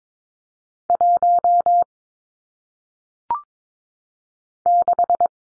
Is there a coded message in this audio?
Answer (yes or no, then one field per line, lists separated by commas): yes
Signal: Morse code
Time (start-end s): 0.9-5.3 s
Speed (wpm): 22 wpm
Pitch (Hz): 700 Hz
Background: none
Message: 1 6